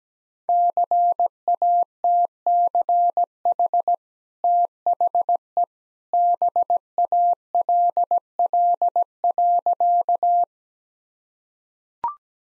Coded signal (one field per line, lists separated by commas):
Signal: Morse code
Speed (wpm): 17 wpm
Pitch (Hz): 700 Hz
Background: none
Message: CATCH THE BALL.